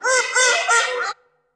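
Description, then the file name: Mallard quacking in three joined harsh, nasal notes over about a second, then silence. "Digiffects Sound Effects Library - Mallard Duck"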